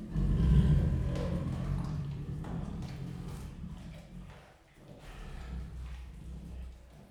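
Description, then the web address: Siberian tiger gives a deep, rasping growl, loud at first, easing off, then rumbling again, mixed with chewing and scraping sounds. Captive Siberian tigers at Miskolc Zoo growling and rasping while eating, 2018. "allathangok miskolcizoo 2018 sziberiai tigris morogvahorogveesznek miskolczoo"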